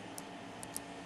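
A dial wheel of a cheap combination luggage padlock is turned with pressure held on the shackle, giving faint ticks at about 0.2 s and 0.6 s over a steady hiss. A sharper small click at 0.8 s marks the dial dropping into its gate and clicking into place.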